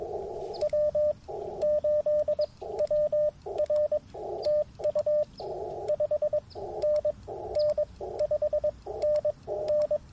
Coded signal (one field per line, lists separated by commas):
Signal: Morse code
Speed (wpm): 22 wpm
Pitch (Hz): 600 Hz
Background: radio noise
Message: W8WR TU 5NN 5NN